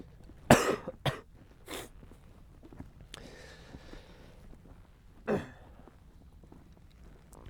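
An adult man gives three short, sharp coughs in quick succession, then a single cough a few seconds later, in a quiet room. It is a lingering cough from what is probably a common cold, after about a week of feeling unwell; a COVID test was negative.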